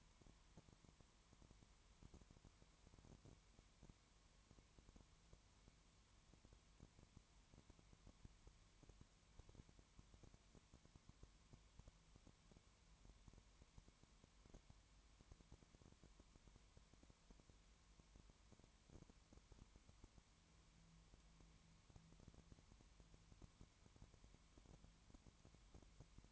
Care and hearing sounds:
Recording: daily activity, microphone in the room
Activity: no activity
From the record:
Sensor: 3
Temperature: 20.1 degrees Celsius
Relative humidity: 31.3%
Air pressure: 1001.2 hPa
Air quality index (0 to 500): 74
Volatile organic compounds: 1 ppm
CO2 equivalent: 697 ppm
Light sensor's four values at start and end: 2/3/2/2 and 2/3/2/2

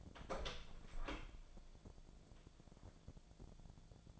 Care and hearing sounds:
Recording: daily activity, microphone in the room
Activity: open door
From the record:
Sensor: 5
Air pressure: 1000.5 hPa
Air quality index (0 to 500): 160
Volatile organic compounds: 2 ppm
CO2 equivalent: 1233 ppm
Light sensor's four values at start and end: 47/110/46/49 and 47/110/46/49

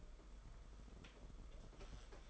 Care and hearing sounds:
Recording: daily activity, microphone in the room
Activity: take from stove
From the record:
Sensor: 5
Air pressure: 991.2 hPa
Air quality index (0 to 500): 91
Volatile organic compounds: 11 ppm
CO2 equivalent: 2298 ppm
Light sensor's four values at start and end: 33/104/40/42 and 33/105/40/43

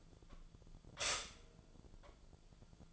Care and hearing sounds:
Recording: daily activity, microphone in the room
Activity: stop toaster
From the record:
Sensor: 5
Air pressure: 1009.4 hPa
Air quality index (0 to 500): 169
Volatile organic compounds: 4 ppm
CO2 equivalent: 1635 ppm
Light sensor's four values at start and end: 81/219/88/91 and 86/231/93/97

